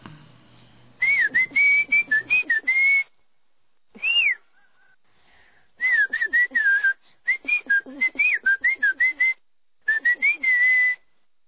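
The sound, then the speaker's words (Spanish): Mazatec whistled speech from the mountains of the Sierra Mazateca: a series of sharp, high whistled phrases with rising and falling pitch contours, broken into bursts separated by short pauses, with faint rustling in between. “Adelante con una muestra de lo que sería el chiflido mazateco.”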